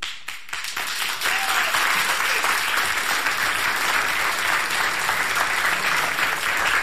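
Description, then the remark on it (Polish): A studio audience in the Agnieszka Osiecka studio of Polish Radio Trójka applauds steadily, a dense, even wash of many hands clapping that swells quickly after a brief start and holds at a fairly loud, constant level without any talking. “Może tak jeszcze te oklaski za...”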